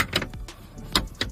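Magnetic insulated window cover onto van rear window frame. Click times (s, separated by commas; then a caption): 0.2 s, 1.0 s, 1.2 s. An insulated magnetic window cover is lined up and pressed onto the rear window's metal frame of a 2007 Toyota HiAce Commuter van. Its magnets snap onto the frame with thumps at 0.2 s, 1.0 s and 1.2 s, plus a few fainter knocks between them. The cover seats in place.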